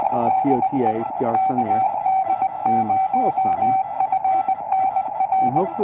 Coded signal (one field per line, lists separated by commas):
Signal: Morse code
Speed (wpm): 20 wpm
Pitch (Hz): 760 Hz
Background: speech, radio noise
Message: DE KD0FNR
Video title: POTA us-4571 San Francisco #hamradio #morsecode